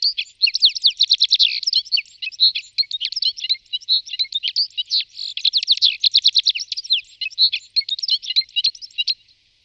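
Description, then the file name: Citril finch singing: a fast, continuous twittering of high, buzzy and tinkling notes, rapid trills running almost without pause. "čížek-citrónový"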